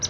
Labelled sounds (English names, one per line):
Palm Warbler flight call